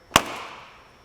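A retaining clip on a Lethal Performance aftermarket aluminum grille delete, not sitting flush with the plastic front bumper of a 2018 Mustang GT, is smacked into place. A single sharp pop sounds at 0.2 s and rings briefly before fading. The grille is now seated flush in the bumper.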